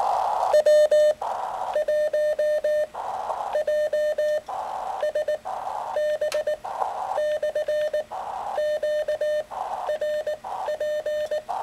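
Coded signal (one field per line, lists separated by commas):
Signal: Morse code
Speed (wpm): 19 wpm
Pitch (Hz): 600 Hz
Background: none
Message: W1JSB/QRP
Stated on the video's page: Morse contact with New Zealand made using 2 watts.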